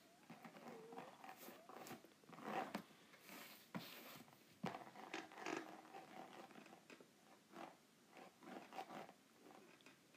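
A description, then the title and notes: ASMR handling of a groovy note pad: irregular scratchy, crinkly strokes and soft taps keep coming throughout, bunched into short flurries with brief lulls. A few sharper clicks stand out near the middle, and a faint steady hum runs underneath. ASMR Groovy Note Pad.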